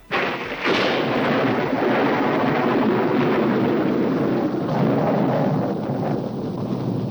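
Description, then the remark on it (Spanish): A stock castle thunder sound effect: a sudden loud crack that swells into a long, heavy rolling rumble, sustained at full strength for several seconds with no voices. “Bueno, no sé si lo hicieron así, pero escuchemos este trueno del castillo.”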